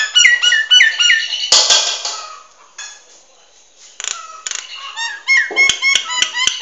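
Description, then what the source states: Nias hill myna mixing slurred whistles and a harsh noisy burst, a quiet lull, then varied warbling notes and sharp clicks that pick up again at the close. Noisy bird chattering continuously.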